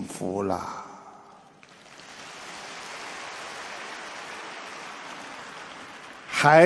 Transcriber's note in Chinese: 掌声